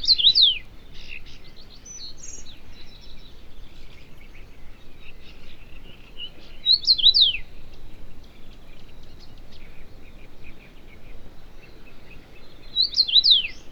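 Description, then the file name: Common rosefinch song: short, clear, swooping whistled phrases rising and falling, heard three times about six to seven seconds apart, with fainter chirps between and a low background rumble. "Rosenfink"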